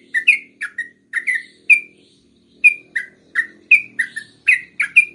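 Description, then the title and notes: Yellow-vented Bulbul giving short bursts of a few bubbly chirps separated by brief pauses, over a faint low hum. Trucukan song in the tembakan and ropel styles, from a masteran training recording for songbirds. "MASTERAN Trucukan Tembakan Dan Ropel. BURUNG TRUCUKAN"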